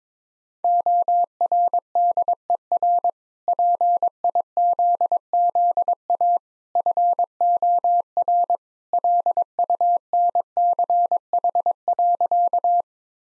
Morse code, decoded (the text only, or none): ORDER PIZZA FOR LUNCH.